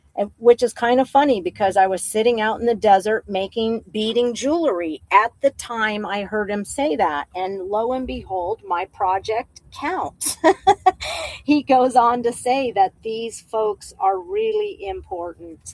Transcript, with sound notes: which is kind of funny because I was sitting out in the desert making beading jewelry at the time I heard him say that, and low and behold, my project counts (laughs) . He goes on to say that these folks are really important.